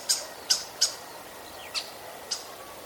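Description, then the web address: Common starling giving five sharp, high clicking calls spread across three seconds, with one soft downslurred whistle near the middle, over a faint background hiss. "vogelstimmen star ruf nabu lars lachmann"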